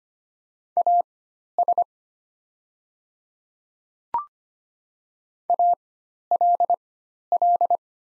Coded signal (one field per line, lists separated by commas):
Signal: Morse code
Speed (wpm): 25 wpm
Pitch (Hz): 700 Hz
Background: none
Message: AS ALL